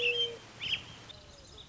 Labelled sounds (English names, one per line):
Mourning Dove